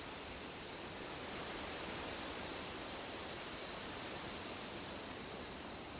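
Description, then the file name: Grasshopper song held as one sustained high trill, finely pulsed, against a constant noisy background. "zvuki kuznechika"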